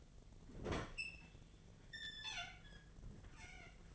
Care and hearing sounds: daily activity, microphone in the room; open fridge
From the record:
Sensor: 4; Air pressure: 1010.5 hPa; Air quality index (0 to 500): 177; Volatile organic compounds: 5 ppm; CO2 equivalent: 1798 ppm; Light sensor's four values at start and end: 32/95/37/37 and 28/83/33/33

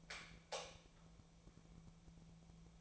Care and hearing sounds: daily activity, microphone in the room; light off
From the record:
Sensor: 1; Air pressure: 1000.0 hPa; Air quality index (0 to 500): 132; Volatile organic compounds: 2 ppm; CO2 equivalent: 1244 ppm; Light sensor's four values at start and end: 36/97/39/47 and 32/81/34/42

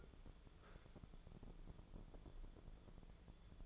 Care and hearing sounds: daily activity, microphone in the room; sit down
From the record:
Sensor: 5

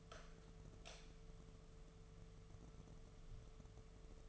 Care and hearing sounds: daily activity, microphone in the room; light on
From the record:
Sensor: 4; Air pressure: 1015.5 hPa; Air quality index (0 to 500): 176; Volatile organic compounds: 7 ppm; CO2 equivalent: 2030 ppm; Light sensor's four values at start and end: 19/44/18/19 and 18/44/18/18

